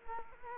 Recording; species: mosquito wingbeat signal from an infrared sensor; Culex quinquefasciatus